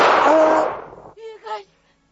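A single loud gunshot bursts out and rings off over about a second, followed by a short strained vocal cry and a brief groan.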